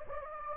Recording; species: mosquito wingbeat signal from an infrared sensor; Anopheles gambiae